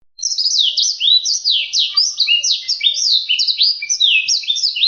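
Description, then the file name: Black-throated seedeater song: quick, high, twittering phrases of upslurred and downslurred whistles run together in one sustained, unbroken warble. Song used for training canaries. "audio kicauan blacksang untuk masteran kenari omkicau"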